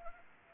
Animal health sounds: mosquito wingbeat signal from an infrared sensor; Anopheles arabiensis

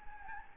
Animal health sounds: mosquito wingbeat signal from an infrared sensor; Aedes albopictus

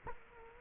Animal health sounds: mosquito wingbeat signal from an infrared sensor; Culex quinquefasciatus

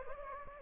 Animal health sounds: mosquito wingbeat signal from an infrared sensor; Anopheles gambiae

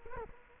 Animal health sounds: mosquito wingbeat signal from an infrared sensor; Culex quinquefasciatus

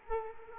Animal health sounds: mosquito wingbeat signal from an infrared sensor; Culex quinquefasciatus

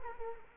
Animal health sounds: mosquito wingbeat signal from an infrared sensor; Culex quinquefasciatus

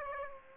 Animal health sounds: mosquito wingbeat signal from an infrared sensor; Aedes aegypti

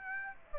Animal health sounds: mosquito wingbeat signal from an infrared sensor; Aedes aegypti

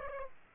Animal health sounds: mosquito wingbeat signal from an infrared sensor; Aedes aegypti

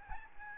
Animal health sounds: mosquito wingbeat signal from an infrared sensor; Aedes albopictus

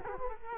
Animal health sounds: mosquito wingbeat signal from an infrared sensor; Culex quinquefasciatus

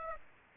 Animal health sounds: mosquito wingbeat signal from an infrared sensor; Aedes aegypti

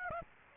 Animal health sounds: mosquito wingbeat signal from an infrared sensor; Aedes aegypti

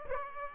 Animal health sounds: mosquito wingbeat signal from an infrared sensor; Aedes aegypti

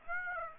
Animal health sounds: mosquito wingbeat signal from an infrared sensor; Aedes aegypti

